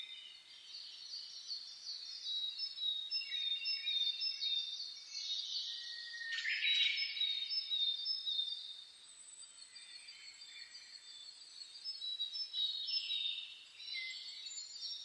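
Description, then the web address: Birds: dawn bird chorus, continuous high chirping and whistling from many singers, with one louder phrase partway through. Dawn chorus (reimei) of birdsong (saezuri), recorded 10 May 2010. "reimei DH-D 50-saezuri-20100510"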